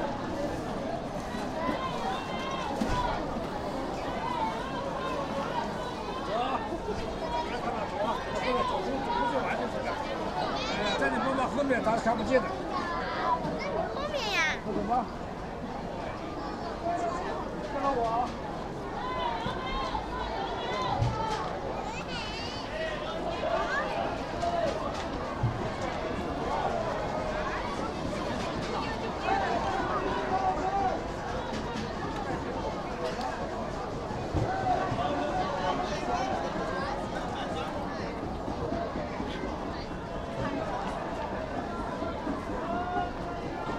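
Busy night market crowd in Xi'an, dense overlapping chatter holding steady throughout, with occasional louder voices and brief sharp clatters rising out.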